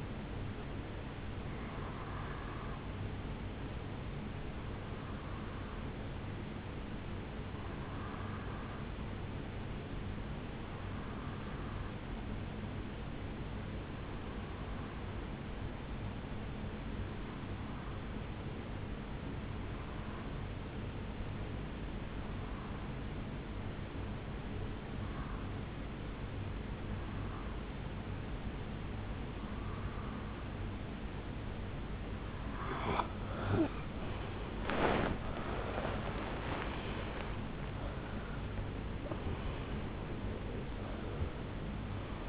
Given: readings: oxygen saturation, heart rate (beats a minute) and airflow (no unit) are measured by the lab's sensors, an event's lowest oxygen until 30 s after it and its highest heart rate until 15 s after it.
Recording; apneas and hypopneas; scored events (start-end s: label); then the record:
breathing in sleep by a voice recorder at the bedside; 1
16.00-34.80 s: hypopnea (REM, oxygen 85% highest, then 81% lowest, heart rate 74 at the start, 83 highest)
From the record:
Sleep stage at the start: REM sleep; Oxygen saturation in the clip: 81 to 85%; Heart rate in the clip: 73 to 83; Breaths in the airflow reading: 15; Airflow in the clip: -13.7 to 9.6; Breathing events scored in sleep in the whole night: 449 in 7.0 hours asleep